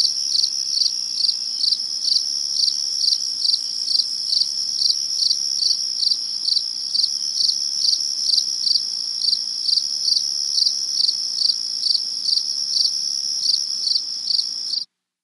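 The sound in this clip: Cricket chirping, a steady high pulsed trill with regular rhythmic beats about twice a second, continuing without pause until it stops abruptly just before the end; no other sounds stand out.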